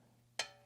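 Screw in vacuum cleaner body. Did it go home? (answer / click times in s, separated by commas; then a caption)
yes / 0.4 s. A longer, smaller screw going through the body of a Kirby Heritage II vacuum cleaner is turned the opposite way until its thread start clicks into alignment, before it is driven down. A single sharp click sounds at 0.4 s over a quiet, steady low hum, then quickly fades. The thread has seated.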